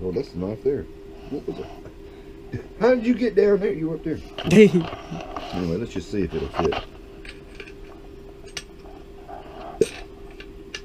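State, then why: Seated. Someone talks, then a knife is pushed into a tight-fitting sheath, with a few brief sharp handling sounds along the way. It snaps past the sheath's retaining clip with a sharp pop at 10.8 s, seating the knife, with the clip being the only thing holding it in.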